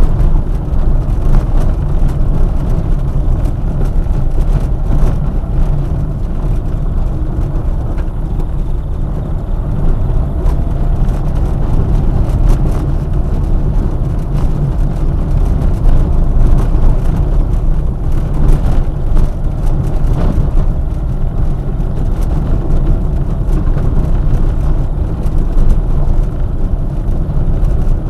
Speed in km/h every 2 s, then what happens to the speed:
25, 24, 28, 26, 28, 27, 26, 25, 21, 25, 27, 27, 26, 24.
0-28 steady at about 26.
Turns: none.